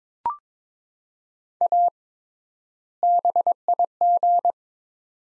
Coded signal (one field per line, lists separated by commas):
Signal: Morse code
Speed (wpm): 22 wpm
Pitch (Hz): 700 Hz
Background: none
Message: A BIG